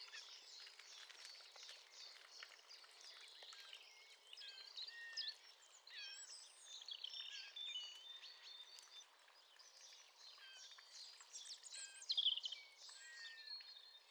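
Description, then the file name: Eurasian blackcap song: fast warbling phrases of varied whistled notes. "Sylvia atricapilla"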